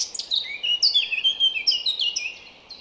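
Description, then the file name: Eurasian blackcap singing a fast, fluty warble of sliding high notes, loud and continuous for the brief stretch. "Sylvia atricapilla"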